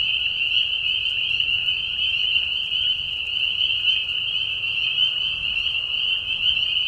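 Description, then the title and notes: Spring peepers massed in chorus, overlapping high peeps fused into a constant piercing whine, steady in loudness throughout. Many spring peepers giving mating calls in a marsh at night during a short spring season, Tiny, Ontario, Canada; high whistles at low volume. "Peeper frogs in the spring. Peeper frogs in a marsh at night. This is a mating call that happens during a very short season in the Spring. Recorded at the Tiny Marsh Conservation area in Tiny, Ontario. Recorded by Anton Pickard. Part of the Music for Sleep project"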